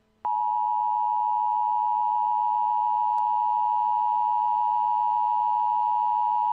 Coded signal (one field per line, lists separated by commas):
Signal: Emergency Alert System (SAME) tones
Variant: 853 and 960 Hz attention tone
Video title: EAS | Nuclear Power Plant Warning